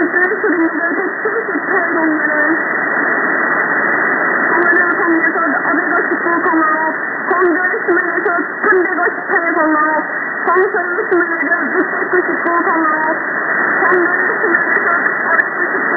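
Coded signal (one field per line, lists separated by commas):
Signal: numbers station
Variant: V28 "The Parrot", Korean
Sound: a voice speaking through heavy shortwave static and hiss, words hard to pick out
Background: radio static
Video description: V28 North Korean Numbers Station aka "The Parrot" Frequency: 3277kHz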